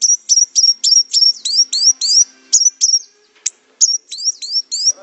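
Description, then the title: Orange-headed thrush song: a high, sharp note sweeping upward, repeated about three to four times a second in a steady series with brief pauses. "Anis Merah"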